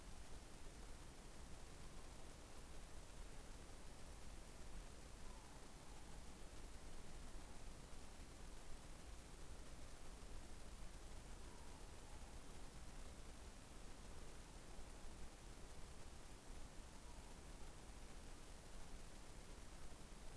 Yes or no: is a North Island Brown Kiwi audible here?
no